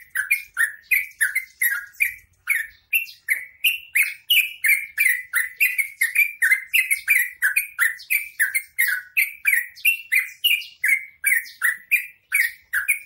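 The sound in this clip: Bird song of fast, repeated scratchy chirps, nearly three each second, with bright buzzy upper tones.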